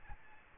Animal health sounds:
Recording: mosquito wingbeat signal from an infrared sensor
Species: Aedes albopictus

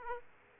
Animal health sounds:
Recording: mosquito wingbeat signal from an infrared sensor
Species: Aedes aegypti

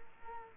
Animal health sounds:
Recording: mosquito wingbeat signal from an infrared sensor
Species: Culex quinquefasciatus

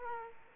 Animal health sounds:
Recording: mosquito wingbeat signal from an infrared sensor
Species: Culex quinquefasciatus

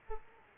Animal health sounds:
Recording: mosquito wingbeat signal from an infrared sensor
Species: Aedes aegypti

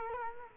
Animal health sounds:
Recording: mosquito wingbeat signal from an infrared sensor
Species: Culex quinquefasciatus

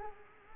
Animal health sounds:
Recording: mosquito wingbeat signal from an infrared sensor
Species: Culex quinquefasciatus

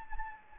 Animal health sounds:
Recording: mosquito wingbeat signal from an infrared sensor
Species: Anopheles gambiae

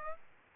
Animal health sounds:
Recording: mosquito wingbeat signal from an infrared sensor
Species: Aedes aegypti

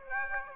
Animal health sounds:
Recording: mosquito wingbeat signal from an infrared sensor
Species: Aedes aegypti

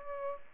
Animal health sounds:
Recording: mosquito wingbeat signal from an infrared sensor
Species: Aedes aegypti

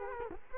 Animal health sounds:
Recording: mosquito wingbeat signal from an infrared sensor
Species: Culex quinquefasciatus

